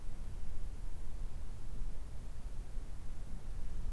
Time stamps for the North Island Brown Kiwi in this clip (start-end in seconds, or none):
none